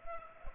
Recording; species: mosquito wingbeat signal from an infrared sensor; Culex pipiens